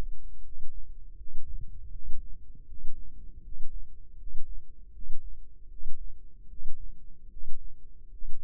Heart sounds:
heart sounds by microphone in the left ear; 78 bpm
0.41 s: heartbeat
1.15 s: heartbeat
1.90 s: heartbeat
2.65 s: heartbeat
3.40 s: heartbeat
4.15 s: heartbeat
4.90 s: heartbeat
5.67 s: heartbeat
6.46 s: heartbeat
7.28 s: heartbeat
8.08 s: heartbeat
From the record:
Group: healthy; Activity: cold pressor test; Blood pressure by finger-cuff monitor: 120/80 mmHg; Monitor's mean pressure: 88 mmHg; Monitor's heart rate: 80 bpm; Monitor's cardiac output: 6.4 L/min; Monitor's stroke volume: 79 mL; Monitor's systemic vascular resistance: 990 dyn s/cm5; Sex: male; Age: 35 years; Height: 180 cm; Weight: 86.9 kg

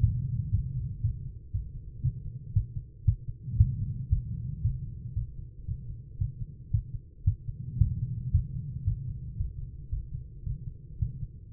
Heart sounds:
heart sounds by stethoscope; 115 bpm
0.01 s: heartbeat
0.51 s: heartbeat
1.01 s: heartbeat
1.51 s: heartbeat
2.02 s: heartbeat
2.53 s: heartbeat
3.05 s: heartbeat
3.57 s: heartbeat
4.09 s: heartbeat
4.62 s: heartbeat
5.14 s: heartbeat
5.65 s: heartbeat
6.18 s: heartbeat
6.71 s: heartbeat
7.24 s: heartbeat
7.78 s: heartbeat
8.31 s: heartbeat
8.84 s: heartbeat
9.37 s: heartbeat
9.89 s: heartbeat
10.43 s: heartbeat
10.99 s: heartbeat
From the record:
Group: healthy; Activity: rest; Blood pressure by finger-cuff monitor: 152/81 mmHg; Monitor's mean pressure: 98 mmHg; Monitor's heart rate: 115 bpm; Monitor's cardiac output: 8.1 L/min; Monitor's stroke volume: 70 mL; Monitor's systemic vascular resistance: 890 dyn s/cm5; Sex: female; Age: 43 years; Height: 160 cm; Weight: 90 kg

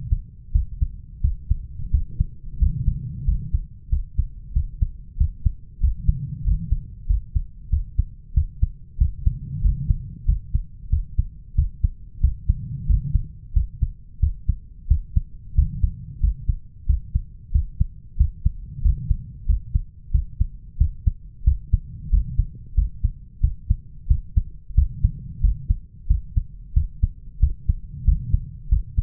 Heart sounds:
heart sounds by stethoscope; 92 bpm
0.54 s: heartbeat
1.23 s: heartbeat
1.93 s: heartbeat
2.61 s: heartbeat
3.27 s: heartbeat
3.91 s: heartbeat
4.55 s: heartbeat
5.19 s: heartbeat
5.82 s: heartbeat
6.46 s: heartbeat
7.09 s: heartbeat
7.72 s: heartbeat
8.36 s: heartbeat
9.00 s: heartbeat
9.64 s: heartbeat
10.28 s: heartbeat
10.91 s: heartbeat
11.57 s: heartbeat
12.23 s: heartbeat
12.89 s: heartbeat
13.55 s: heartbeat
14.22 s: heartbeat
14.90 s: heartbeat
15.57 s: heartbeat
16.22 s: heartbeat
16.88 s: heartbeat
17.54 s: heartbeat
18.19 s: heartbeat
18.84 s: heartbeat
19.48 s: heartbeat
20.13 s: heartbeat
20.80 s: heartbeat
21.46 s: heartbeat
22.12 s: heartbeat
22.77 s: heartbeat
23.43 s: heartbeat
24.09 s: heartbeat
24.77 s: heartbeat
25.43 s: heartbeat
26.09 s: heartbeat
26.76 s: heartbeat
27.42 s: heartbeat
28.07 s: heartbeat
28.71 s: heartbeat
From the record:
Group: healthy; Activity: rest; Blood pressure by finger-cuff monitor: 156/96 mmHg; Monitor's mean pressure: 116 mmHg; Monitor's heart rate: 91 bpm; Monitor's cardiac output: 7.2 L/min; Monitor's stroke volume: 79 mL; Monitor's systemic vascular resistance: 1200 dyn s/cm5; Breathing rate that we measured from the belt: 19 breaths a minute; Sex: male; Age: 21 years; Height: 175 cm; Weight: 72.6 kg

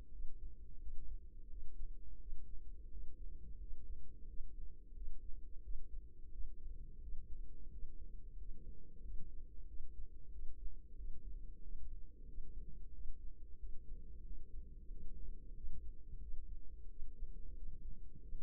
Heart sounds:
heart sounds by microphone in the right ear; 90 bpm
0.08 s: heartbeat
0.77 s: heartbeat
1.46 s: heartbeat
2.16 s: heartbeat
2.87 s: heartbeat
3.56 s: heartbeat
4.24 s: heartbeat
4.91 s: heartbeat
5.59 s: heartbeat
6.28 s: heartbeat
6.97 s: heartbeat
7.67 s: heartbeat
8.34 s: heartbeat
8.99 s: heartbeat
9.64 s: heartbeat
10.28 s: heartbeat
10.93 s: heartbeat
11.58 s: heartbeat
12.23 s: heartbeat
12.89 s: heartbeat
13.54 s: heartbeat
14.20 s: heartbeat
14.86 s: heartbeat
15.51 s: heartbeat
16.17 s: heartbeat
16.85 s: heartbeat
17.52 s: heartbeat
18.17 s: heartbeat
From the record:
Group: healthy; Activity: rest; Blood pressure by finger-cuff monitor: 113/71 mmHg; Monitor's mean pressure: 86 mmHg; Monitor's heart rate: 91 bpm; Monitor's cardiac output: 7 L/min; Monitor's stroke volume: 77 mL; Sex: female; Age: 32 years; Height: 172 cm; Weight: 71.7 kg

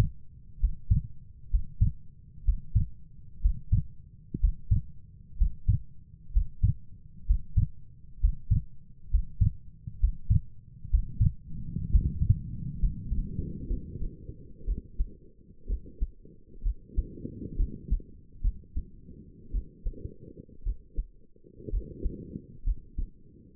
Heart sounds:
heart sounds by stethoscope; 63 bpm
0.59 s: heartbeat
1.49 s: heartbeat
2.44 s: heartbeat
3.40 s: heartbeat
4.39 s: heartbeat
5.37 s: heartbeat
6.32 s: heartbeat
7.25 s: heartbeat
8.19 s: heartbeat
9.10 s: heartbeat
9.99 s: heartbeat
10.89 s: heartbeat
11.90 s: heartbeat
12.79 s: heartbeat
13.67 s: heartbeat
14.65 s: heartbeat
15.67 s: heartbeat
16.63 s: heartbeat
17.57 s: heartbeat
18.42 s: heartbeat
19.52 s: heartbeat
20.64 s: heartbeat
21.71 s: heartbeat
22.65 s: heartbeat
From the record:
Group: healthy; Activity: Valsalva maneuver 0-12 s, rest 12-24 s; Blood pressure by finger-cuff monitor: 98/60 mmHg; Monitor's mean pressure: 72 mmHg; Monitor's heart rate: 63 bpm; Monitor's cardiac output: 4.9 L/min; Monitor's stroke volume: 78 mL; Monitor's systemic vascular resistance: 1010 dyn s/cm5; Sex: female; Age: 28 years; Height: 170 cm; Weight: 77 kg

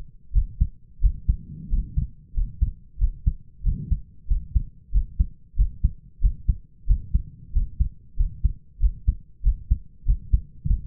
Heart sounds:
heart sounds by stethoscope; 93 bpm
0.33 s: heartbeat
1.01 s: heartbeat
1.69 s: heartbeat
2.34 s: heartbeat
2.98 s: heartbeat
3.63 s: heartbeat
4.27 s: heartbeat
4.91 s: heartbeat
5.56 s: heartbeat
6.21 s: heartbeat
6.86 s: heartbeat
7.52 s: heartbeat
8.16 s: heartbeat
8.79 s: heartbeat
9.43 s: heartbeat
10.05 s: heartbeat
10.66 s: heartbeat
From the record:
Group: healthy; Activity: rest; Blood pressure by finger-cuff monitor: 91/58 mmHg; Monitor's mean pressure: 69 mmHg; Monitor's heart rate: 92 bpm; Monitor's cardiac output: 6.2 L/min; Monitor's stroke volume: 69 mL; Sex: male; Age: 22 years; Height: 181 cm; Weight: 60 kg

